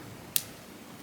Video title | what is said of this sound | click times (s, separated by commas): Heat & Humidity Proof Summer Luxury Makeup Routine for Women over 40 | When I put away my mascara, I always want to make sure I hear that little click | 0.4 s